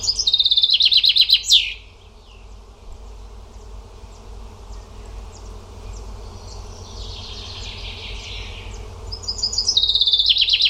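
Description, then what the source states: Bird song: a rapid high trill at the start and another near the end, with a fainter similar phrase between them, over a low constant hum. Only bird sounds in the recording.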